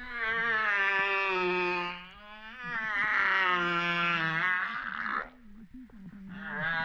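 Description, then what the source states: Humpback whale moaning units, sustained and richly harmonic, wavering slightly in pitch, two long cries followed by a lower grumbling tail. Recorded off Réunion on 13 September 2011 at 08:35:04.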